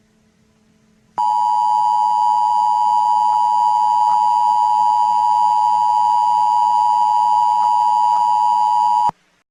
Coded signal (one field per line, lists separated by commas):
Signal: Emergency Alert System (SAME) tones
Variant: 853 and 960 Hz attention tone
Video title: eas scenario 5: Zombie